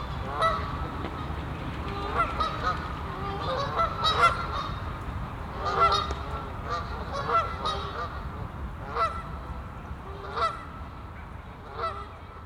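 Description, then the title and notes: Goose: geese honking in short nasal bursts, clear calls spaced every second or two over a quieter background. Geese on the pond of Bouchout castle, Meise botanical garden, Belgium; binaural recording. "Plantentuin, Meise, Belgique - Oies - Geese. Meise, jardin botanique. Des oies sur l'étang du chateau de Bouchout. Enregistrement binaural"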